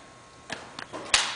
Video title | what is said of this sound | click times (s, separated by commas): Baby Jogger City Select by Baby in Gear | just snaps right into place like how everything just kind of snaps you hear that snap I know it's done it's locked | 1.1 s